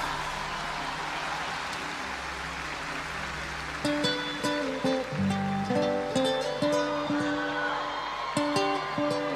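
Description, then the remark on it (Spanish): A concert audience at Viña del Mar in 2019 applauds in a dense, steady wash of clapping, then a melodic instrumental tune starts at about four seconds while the applause carries on more softly beneath it. “Estos aplausos nunca lo van a olvidar, chicas, sus primeros aplausos.”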